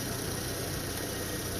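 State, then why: Not seated. Plastic push-pin clips are handled at an engine bay trim panel on a 2012 Toyota RAV4 with the 2.5L engine, during reassembly after a belt tensioner replacement. A steady, low engine idle hum fills the 1.6 seconds, with no distinct clicks. Nothing has seated or clicked yet.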